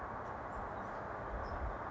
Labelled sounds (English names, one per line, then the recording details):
California Towhee
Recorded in Sonoma County, California